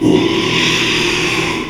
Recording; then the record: squeal of a Yucatan mini pig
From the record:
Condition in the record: after surgery on the right vocal fold (resection and tissue-engineered implant); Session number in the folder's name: 1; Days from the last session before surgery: 6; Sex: male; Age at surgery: 12 weeks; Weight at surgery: 13 kg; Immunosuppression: cyclosporine, prednisolone